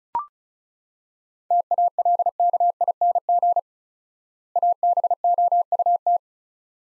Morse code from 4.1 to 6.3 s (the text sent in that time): ABOUT